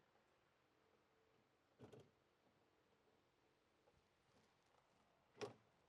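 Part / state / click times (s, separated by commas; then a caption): drawer into cabinet drawer slides / seated / 5.4 s. A drawer is pushed into the drawer slides of a three-drawer base cabinet until the slide latch engages. A brief sliding rumble is heard around 1.8 to 2.0 seconds, then a single short, sharp click at 5.4 seconds. The drawer is seated on its slides.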